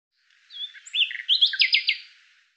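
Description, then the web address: Common Nightingale song phrase: a thin opening whistle, varied chirping notes, then a fast, loud rattle of repeated notes fading out. "Deverinetal 2025"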